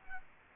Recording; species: mosquito wingbeat signal from an infrared sensor; Culex quinquefasciatus